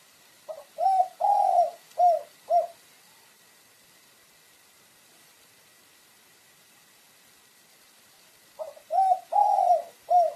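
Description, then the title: Pigeon or dove cooing in two phrases of four or five mellow hoots with one longer note, separated by about six seconds of quiet. "Canto Da Pomba"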